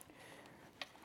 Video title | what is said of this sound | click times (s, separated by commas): Crodona PQ8 quickshifter installation | coil there click yes | 0.8 s